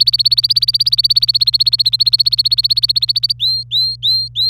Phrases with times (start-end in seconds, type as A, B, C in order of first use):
0.00-3.33 A, 3.39-4.49 B